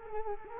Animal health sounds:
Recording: mosquito wingbeat signal from an infrared sensor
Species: Culex quinquefasciatus

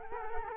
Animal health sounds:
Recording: mosquito wingbeat signal from an infrared sensor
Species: Culex quinquefasciatus

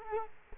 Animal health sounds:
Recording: mosquito wingbeat signal from an infrared sensor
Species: Culex quinquefasciatus

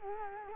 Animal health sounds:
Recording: mosquito wingbeat signal from an infrared sensor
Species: Culex quinquefasciatus

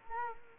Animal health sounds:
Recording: mosquito wingbeat signal from an infrared sensor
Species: Culex quinquefasciatus

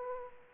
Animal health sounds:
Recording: mosquito wingbeat signal from an infrared sensor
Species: Aedes aegypti

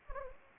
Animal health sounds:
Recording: mosquito wingbeat signal from an infrared sensor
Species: Anopheles gambiae

